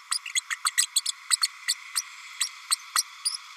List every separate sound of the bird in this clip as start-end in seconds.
0.11-0.18, 0.25-0.29, 0.35-0.41, 0.50-0.55, 0.65-0.70, 0.77-0.86, 0.95-1.00, 1.05-1.11, 1.30-1.36, 1.41-1.47, 1.67-1.75, 1.96-2.03, 2.40-2.49, 2.70-2.75, 2.95-3.02, 3.25-3.37